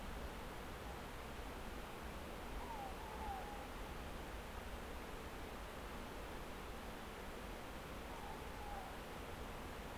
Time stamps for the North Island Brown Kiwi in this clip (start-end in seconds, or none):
none